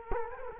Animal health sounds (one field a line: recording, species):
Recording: mosquito wingbeat signal from an infrared sensor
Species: Culex quinquefasciatus